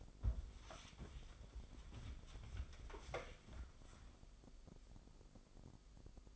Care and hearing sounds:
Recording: daily activity, microphone in the room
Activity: wipe stove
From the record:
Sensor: 5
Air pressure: 996.2 hPa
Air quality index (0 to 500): 95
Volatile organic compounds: 5 ppm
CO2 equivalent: 1804 ppm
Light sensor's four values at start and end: 36/84/35/39 and 36/83/35/39

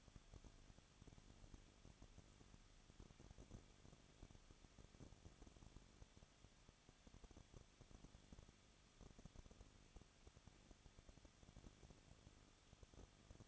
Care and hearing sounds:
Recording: daily activity, microphone in the room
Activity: no activity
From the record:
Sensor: 4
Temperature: 23.0 degrees Celsius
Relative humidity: 34.4%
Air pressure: 1007.3 hPa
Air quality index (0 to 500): 217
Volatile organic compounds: 15 ppm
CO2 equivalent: 2512 ppm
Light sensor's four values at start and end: 2/3/1/1 and 2/3/1/1

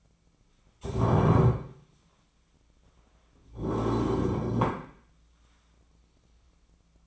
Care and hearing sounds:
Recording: daily activity, microphone in the room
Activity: stand up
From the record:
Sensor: 1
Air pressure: 1009.3 hPa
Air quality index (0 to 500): 178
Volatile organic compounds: 3 ppm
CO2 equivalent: 1498 ppm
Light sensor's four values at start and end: 43/114/47/56 and 40/104/44/51

